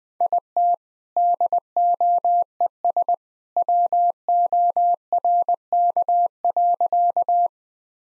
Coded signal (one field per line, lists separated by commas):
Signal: Morse code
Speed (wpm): 20 wpm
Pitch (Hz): 700 Hz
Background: none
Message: IT DOES WORK.